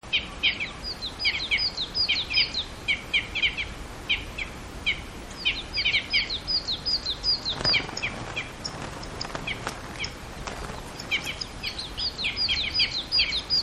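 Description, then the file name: Red crossbill calls: sharp chirping notes repeated quickly in bursts over a steady background hiss. "isuka"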